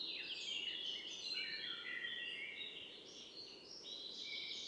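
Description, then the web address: Common blackbird singing a continuous run of warbled, whistled and twittering notes against steady background hiss. "Mirlo común"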